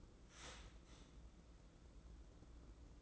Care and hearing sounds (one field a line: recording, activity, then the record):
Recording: daily activity, microphone in the room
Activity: start toaster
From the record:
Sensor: 3